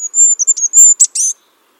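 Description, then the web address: Bird calls: a run of very high, thin whistled notes, some drawn out and level, ending in two short buzzy, rasping bursts. "birddata Deverinetal 2025"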